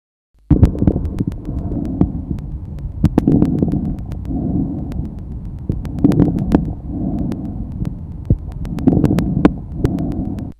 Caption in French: Le souffle tubaire. Il ressemble au bruit trachéobronchique, mais il est entendu en périphérie du poumon. Notez sur cet enregistrement la présence de crépitants inspiratoires.